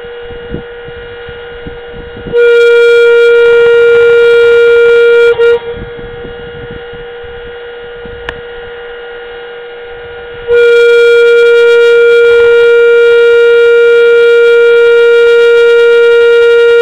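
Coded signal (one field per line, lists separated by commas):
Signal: coded fire alarm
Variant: FedelCode code wheel siren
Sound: steady buzzy horn tone sounds about 3 seconds, stops 5 seconds, then sounds again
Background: outdoor background noise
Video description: The code wheel was set for 2 rounds in the Alarm Office.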